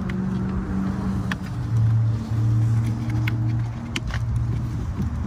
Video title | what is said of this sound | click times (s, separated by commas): 三分钟学会给汽车电池断电｜Learn to disconnect car battery in 3 minutes | OK锁住了这里锁上了就完成了 | 4.0 s